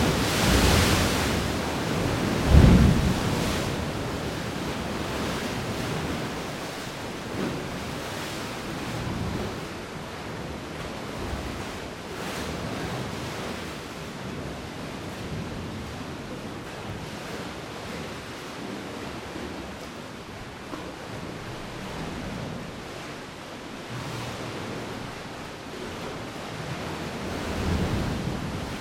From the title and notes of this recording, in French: Forge marine. Par une chaude après-midi au bout de la presqu'île de Quiberon. La marée montante et la mer bien formée provoque un événement sonore puissant, celui des vagues qui s'engouffrent dans une faille, faisant exploser en panache d'écume l'eau dans un sourd vacarme.